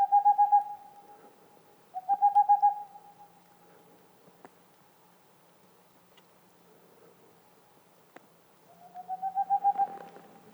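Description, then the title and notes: Boreal owl hooting in short rapid bursts, with a long silent gap broken by faint clicks before a final burst over light crackling. Singing male near a black woodpecker nest hole, in the mountains near the Mediterranean, 2 April 2019, 20:15, evening; homemade parabolic dish, two omni microphones, MixPre 3 recorder. "Une chouette pas si boréale. 02 avril 2019-20h15-en montagne. la Tengmalm boréale ( Aegolius funereus) , pas si boréale que cela car nous sommes aux portes de la méditerranée"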